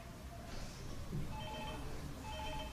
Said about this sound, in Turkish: Ne oldu? Abi bizim hep telefon çalar.